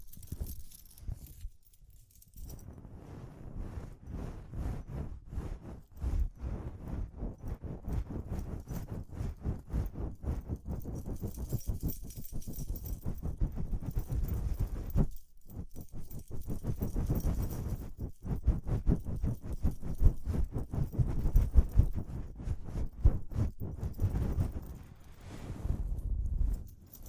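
Tapping and scratching sounds of ear cleaning, with jingling sounds, run almost without pause for the whole stretch. Quick, fairly regular taps come in dense clusters, low and thumping with a bright rattly edge, broken by brief pauses near two, fifteen and eighteen seconds.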